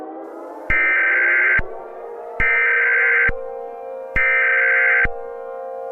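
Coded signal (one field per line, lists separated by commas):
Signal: Emergency Alert System (SAME) tones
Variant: header bursts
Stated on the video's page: Mock EAS alert using valid SAME tones, not a real broadcast.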